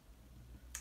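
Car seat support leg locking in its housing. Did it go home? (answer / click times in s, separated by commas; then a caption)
yes / 0.8 s. The support leg of an Axkid Minikid car seat, released with its button and dropped to the floor, is pulled until it locks in its housing, with the top button popping back out once locked. Low background rumble runs underneath until a single sharp click at 0.8 s as the leg seats into place.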